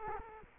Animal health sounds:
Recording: mosquito wingbeat signal from an infrared sensor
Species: Culex quinquefasciatus

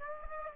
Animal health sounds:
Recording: mosquito wingbeat signal from an infrared sensor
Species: Aedes aegypti

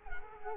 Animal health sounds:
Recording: mosquito wingbeat signal from an infrared sensor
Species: Culex quinquefasciatus

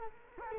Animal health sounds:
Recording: mosquito wingbeat signal from an infrared sensor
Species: Culex quinquefasciatus

